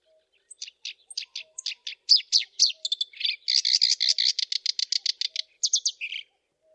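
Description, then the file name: Black-browed reed warbler song: separate scratchy notes that quicken into a dense, churring rattle, ending with a few higher squeaks and a lower note. Masteran, a training recording for teaching captive songbirds. "suara kerakbasi alis hitam masteran"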